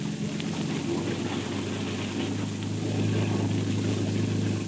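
A motorboat moves in slowly at low throttle, its engine droning steadily with a deep harmonic hum at an even pitch under a wash of hiss, growing slightly louder partway through. No voices are heard.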